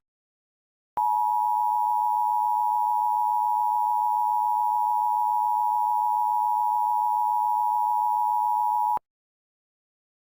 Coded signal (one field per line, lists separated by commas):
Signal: Emergency Alert System (SAME) tones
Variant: 853 and 960 Hz attention tone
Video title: Siege of Tartarus - An EAS Scenario